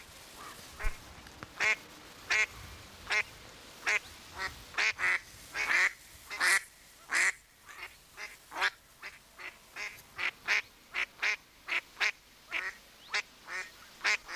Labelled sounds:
Mallard
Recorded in the wild
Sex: group
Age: adult
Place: Kölpinsee, Insel Usedom, Mecklenburg-Vorpommern, DE
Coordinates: 54.035, 14.0311
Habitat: lake
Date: 1983-09-17 13:20
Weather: overcast, 17°C
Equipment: Nagra SN, Sennheiser MKH 416 T, Kopie Uher 4000 Report Monitor
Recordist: Tembrock, Günter
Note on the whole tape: Drei Weibchen: Kurzlaute in Folge, dann zwei Männchen: Parallelschwimmen und Laute

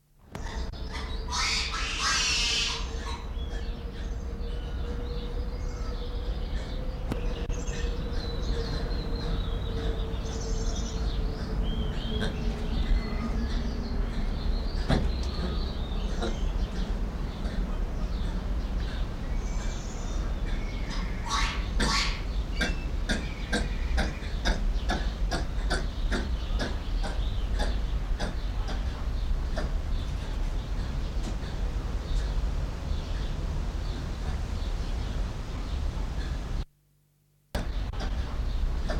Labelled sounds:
Black Lemur
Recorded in captivity
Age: adult
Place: Zoo Dresden, Sachsen, DE
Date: 1993-05-17 15:29
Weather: heiter, 22-26 °C
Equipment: Sony WM-D6C, Sennheiser ME 80, Kopie Uher Variocord 263
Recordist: Tembrock, Günter

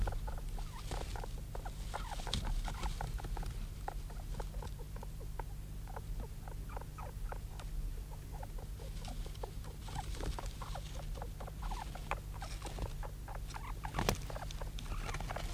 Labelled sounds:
European Mole call
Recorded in captivity
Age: juvenile
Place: Zoologisches Institut der HUB, Berlin, DE
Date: 1967-04-02
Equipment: SJ 103/2, Studioband Agfa PE 22
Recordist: Tembrock, Günter

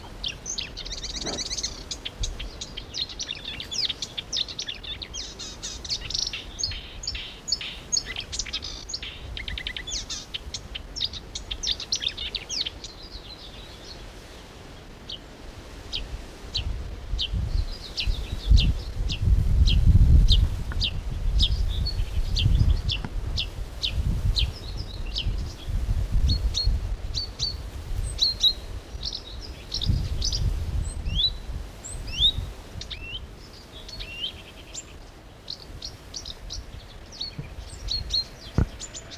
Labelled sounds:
Marsh Warbler song
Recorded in the wild
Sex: male
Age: adult
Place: Berlin, OT Blankenfelde, Berlin, DE
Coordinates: 52.6167, 13.4
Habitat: field
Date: 1988-06-04
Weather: overcast, 18-20°C, gusty winds
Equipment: Nagra SN, Kopie Tesla B 116
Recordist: Tembrock, Günter

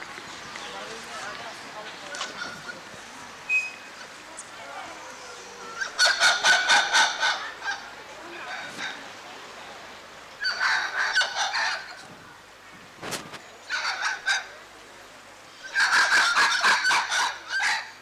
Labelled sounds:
White-fronted Spider Monkey call
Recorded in captivity
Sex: group
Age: diverse
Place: Tiergarten Wilhelma/Stuttgart, Baden-Württemberg, DE
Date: 2004-10-03 16:50
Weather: partly sunny, 17°C
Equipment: Sony WM-D6C, Sennheiser ME 80, Kopie Uher 4000 Report Monitor
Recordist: Tembrock, Günter
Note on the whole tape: Gruppe mit zwei Jungen

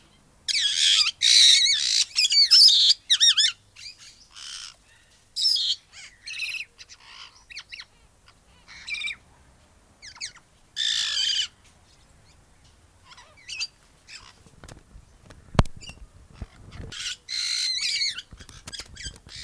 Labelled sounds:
Black-headed Parrot call
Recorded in captivity
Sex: pair
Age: adult
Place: Tiergarten Wilhelma/Stuttgart, Baden-Württemberg, DE
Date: 2000-09-22 17:56
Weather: bedeckt, 15°C
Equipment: Nagra SN, Kopie Uher 4000 Report Monitor
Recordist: Tembrock, Günter

